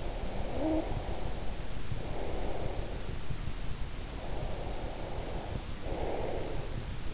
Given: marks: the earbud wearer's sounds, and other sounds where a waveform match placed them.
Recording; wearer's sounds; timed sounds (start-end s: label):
sounds in sleep by an in-ear microphone; snoring breath, breath
0.00-2.97 s: snoring breath
4.11-6.84 s: breath